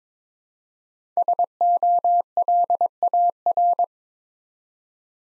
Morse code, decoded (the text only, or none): SOLAR